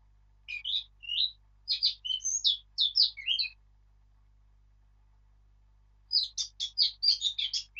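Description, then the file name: Eurasian blackcap singing a quick jumble of chattering and fluted notes, a pause of about two and a half seconds, then a second fast scratchy warble. "Sylvia atricapilla"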